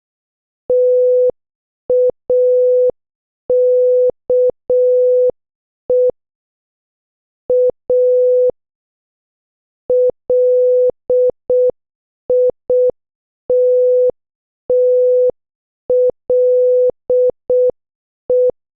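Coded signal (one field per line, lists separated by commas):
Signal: Morse code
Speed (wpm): 6 wpm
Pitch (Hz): 500 Hz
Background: none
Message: TAKE A LITTLE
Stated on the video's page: Morse practice of movie quotes at 6 WPM.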